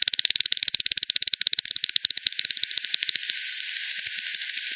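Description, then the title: Bats giving a fast, even run of loud clicks at first, thinning out into fainter, sparse ticks over a hissing background. Multiple bats at Hogsmill River, Hogsmill Lane, 7 October 2020 at 18:10 Z; recorded with frequency division (FD 10), bandpass filtered and resampled. "bat 20201007 T 18 : 10 Z-Hogsmill-Lane-Hogsmill-River-multiple-bats-FD 10"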